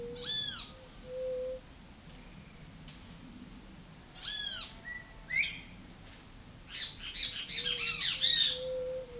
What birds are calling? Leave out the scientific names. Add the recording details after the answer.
White-tipped Dove, Great Kiskadee. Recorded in forest near Pivijay, Magdalena, Colombia, on 6 June 2023 at 11:00. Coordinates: 10.467, -74.380. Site Z5-G034